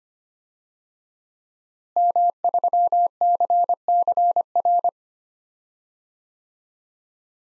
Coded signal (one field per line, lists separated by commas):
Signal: Morse code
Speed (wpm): 25 wpm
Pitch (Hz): 700 Hz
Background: none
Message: M3CCR